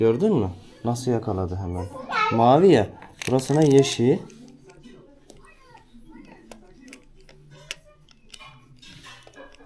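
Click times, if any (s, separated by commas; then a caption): 7.7 s. Someone talks while Magly magnetic toy blocks, including a green one, are placed onto a block structure with several light clacks, the loudest at 7.7 s. One block does not seat fully because it is too big for the edge.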